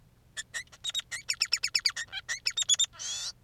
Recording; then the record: song of a male Bengalese finch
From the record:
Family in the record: son of father 3